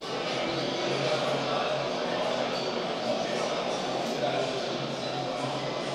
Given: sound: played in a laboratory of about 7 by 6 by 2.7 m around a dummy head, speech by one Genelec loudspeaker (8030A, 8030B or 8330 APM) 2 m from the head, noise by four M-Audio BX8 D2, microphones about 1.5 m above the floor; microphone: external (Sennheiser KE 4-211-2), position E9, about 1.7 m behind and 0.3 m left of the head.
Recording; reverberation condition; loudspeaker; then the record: cafeteria noise; high; four, about 170 cm from the corners of the room and facing them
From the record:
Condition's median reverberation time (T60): about 1300 ms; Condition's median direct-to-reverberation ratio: about -4.0 dB